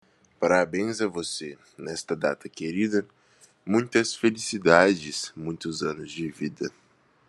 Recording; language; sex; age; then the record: short text; Brazilian Portuguese; male; 20 to 29 years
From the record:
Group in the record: control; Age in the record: 20 years